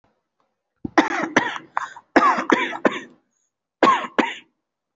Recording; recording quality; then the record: heavy voluntary cough; excellent, no background noise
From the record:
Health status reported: healthy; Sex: male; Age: 25 years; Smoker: yes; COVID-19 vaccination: one dose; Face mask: worn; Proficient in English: yes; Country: India